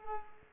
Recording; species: mosquito wingbeat signal from an infrared sensor; Culex pipiens